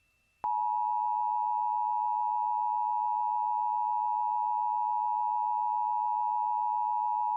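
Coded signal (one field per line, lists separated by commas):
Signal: Emergency Alert System (SAME) tones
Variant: 853 and 960 Hz attention tone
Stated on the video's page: Fictional EAS scenario about a hostage situation; tones are valid, with headers generated for EASyPLUS sections.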